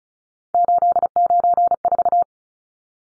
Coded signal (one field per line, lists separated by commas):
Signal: Morse code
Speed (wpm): 34 wpm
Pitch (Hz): 700 Hz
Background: none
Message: 894